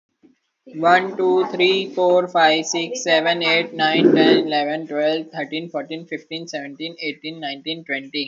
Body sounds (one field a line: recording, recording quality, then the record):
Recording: counting at a normal pace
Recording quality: excellent, no background noise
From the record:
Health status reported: healthy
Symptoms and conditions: none ticked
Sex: male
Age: 21 years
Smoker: not ticked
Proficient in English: yes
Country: India